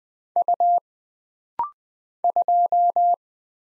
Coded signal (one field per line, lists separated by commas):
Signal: Morse code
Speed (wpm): 20 wpm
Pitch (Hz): 700 Hz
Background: none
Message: U 2